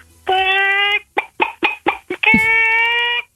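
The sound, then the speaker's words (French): A person imitates a chicken with their voice: a long nasal squawk, four quick clipped clucks, then another drawn-out squawk, loud and alone with no other talk. “Fais-nous la poule.”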